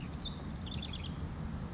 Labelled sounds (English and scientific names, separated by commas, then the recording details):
House Wren (Troglodytes aedon)
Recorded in Sonoma County, California